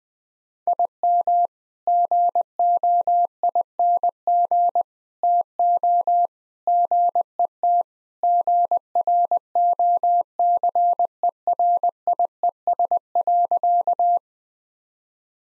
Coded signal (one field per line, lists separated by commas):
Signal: Morse code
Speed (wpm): 20 wpm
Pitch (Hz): 700 Hz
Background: none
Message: IM GOING TO GET GROCERIES.